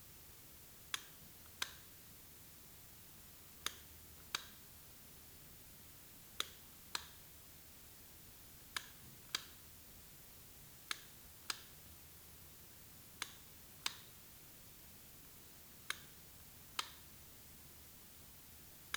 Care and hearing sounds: daily activity, guitar pickup as the sensor; operate light

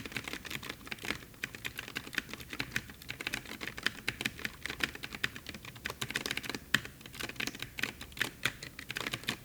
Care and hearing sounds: daily activity, guitar pickup as the sensor; type

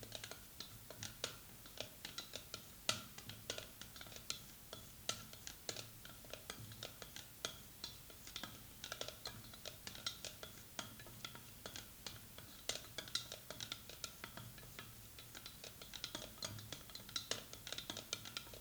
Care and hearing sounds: daily activity, guitar pickup as the sensor; fry

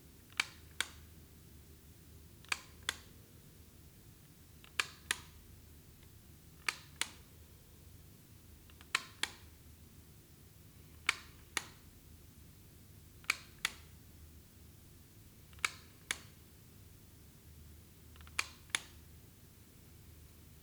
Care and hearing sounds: daily activity, guitar pickup as the sensor; operate light

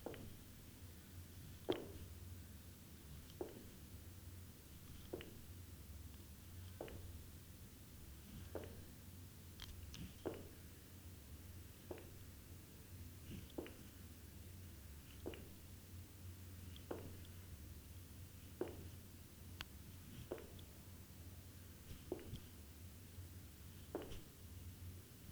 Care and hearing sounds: daily activity, guitar pickup as the sensor; jump

